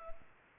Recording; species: mosquito wingbeat signal from an infrared sensor; Culex pipiens